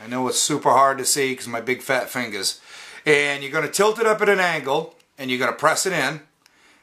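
Someone talks while a microSD card is tilted up at an angle and pressed toward the card slot of a new waterproof digital action camera. Speech fills most of the clip, and the card has not yet clicked or seated in the slot when it ends.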